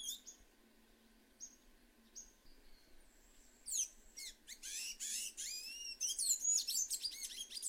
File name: Canto do sanhacu azul